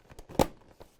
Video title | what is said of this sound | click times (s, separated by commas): 2007 - 2014 Chevrolet / GMC Replacement Leather Installation Video | You'll definitely hear it click, snap into place right there, okay? So that's on there. There we go. | 0.4 s